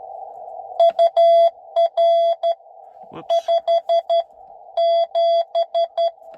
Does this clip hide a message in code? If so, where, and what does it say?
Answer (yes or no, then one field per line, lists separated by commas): yes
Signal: Morse code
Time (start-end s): 0.8-6.1 s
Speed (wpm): 12 wpm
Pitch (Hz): 670 Hz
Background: none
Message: UR 57